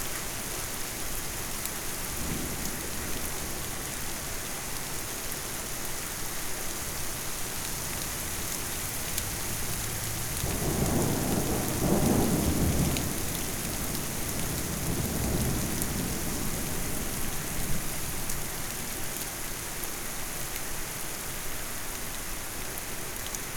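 A distant thunderstorm under a steady, dense hiss of rain. Around ten seconds a low roll of thunder swells and rumbles for several seconds, with a softer rumble near fifteen seconds, then the rain carries on evenly, bright and constant.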